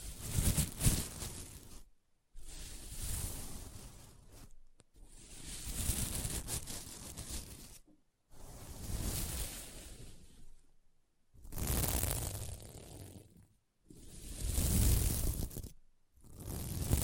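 Scratching across a sequin mermaid pillow comes in repeated strokes, each a dense, gritty rush lasting one to three seconds. The strokes are separated by brief silences at a roughly steady pace. The texture is bright and rustling, with rough low thumps underneath.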